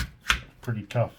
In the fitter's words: That just locks in place there.